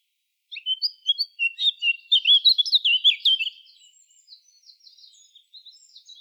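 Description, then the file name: Eurasian blackcap song: a varied run of sweet whistles building into a loud fluting flourish, then trailing off into quiet, high scratchy subsong. "Sylvia atricapilla"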